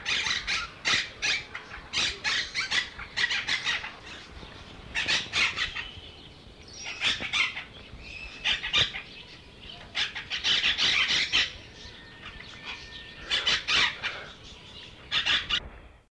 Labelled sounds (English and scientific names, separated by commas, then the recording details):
Chestnut-fronted Macaw (Ara severus) call
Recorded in captivity
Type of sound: call
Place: Artis Zoo, NL
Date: 1976-09-08
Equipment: Halbspur, 9,5 cm/s
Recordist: Lütgens, Hans
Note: Rufe